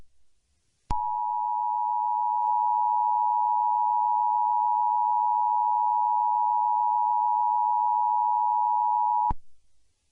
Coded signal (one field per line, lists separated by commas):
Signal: Emergency Alert System (SAME) tones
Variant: 853 and 960 Hz attention tone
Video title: EAS Scenario - Apocalyptic Weather